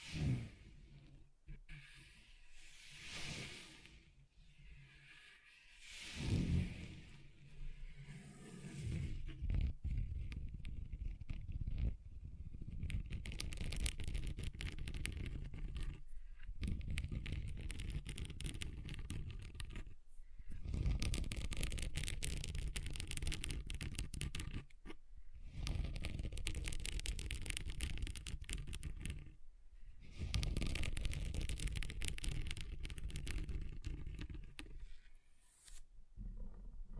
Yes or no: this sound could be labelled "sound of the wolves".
no